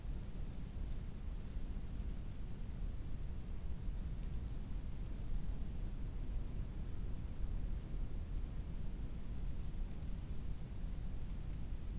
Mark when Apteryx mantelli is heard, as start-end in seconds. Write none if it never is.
none